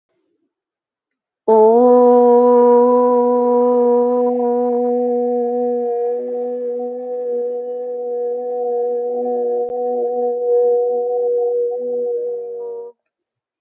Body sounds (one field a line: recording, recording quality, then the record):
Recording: sustained vowel as in boot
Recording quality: excellent, no background noise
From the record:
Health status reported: healthy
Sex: female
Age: 24 years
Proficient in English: yes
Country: India